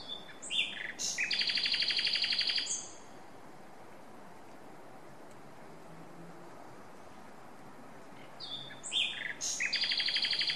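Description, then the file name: Common nightingale delivering a loud, fast buzzy trill after short sharp notes, silence for several seconds, then the same pattern again. "Luscinia megarhynchos"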